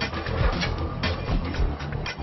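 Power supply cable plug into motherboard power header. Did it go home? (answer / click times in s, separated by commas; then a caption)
no / none. A power supply cable plug with the longest and most distinctive shape is handled at its motherboard power header beside the processor, to be pressed in until it clicks. Steady rustling and handling noise fills the clip, with brief louder bursts near 1.0 and 2.1 seconds. Nothing has seated or clicked yet.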